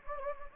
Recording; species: mosquito wingbeat signal from an infrared sensor; Anopheles gambiae